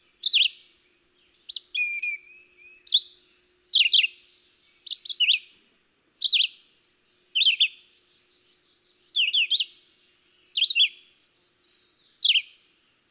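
Red-eyed Vireo song: short slurred whistled phrases, each a quick rising or falling burst, repeated with brief pauses, with faint high wavering notes in the background.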